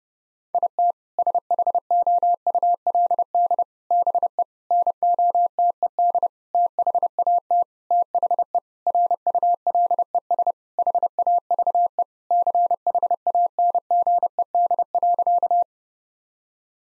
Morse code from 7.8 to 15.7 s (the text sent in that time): THE RULES HAVE CHANGED.